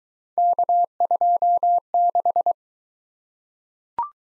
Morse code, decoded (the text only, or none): K26